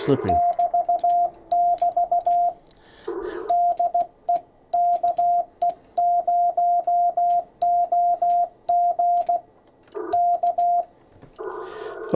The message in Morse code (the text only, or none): <BT> <BT> DE KE0OG K